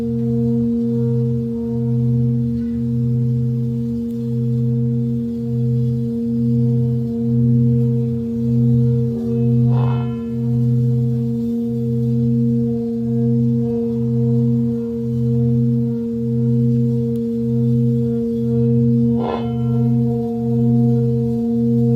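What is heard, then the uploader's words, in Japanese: A Tibetan singing bowl rings steadily with a deep, sustained tone and a bright overtone above it, while a low pulsing wobble beats evenly about twice a second throughout. Two soft strikes, near 10 and 19 seconds, briefly freshen the ringing. 深夜のシンギングボウルのサウンドヒーリング。チベタンシンギングボウル。メキシコ。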